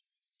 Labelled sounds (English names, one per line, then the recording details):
Yellowhammer song
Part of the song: start
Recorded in the Czech Republic on 23 June 2013
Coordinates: 49.188, 17.970
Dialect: BC
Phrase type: C29
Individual 311233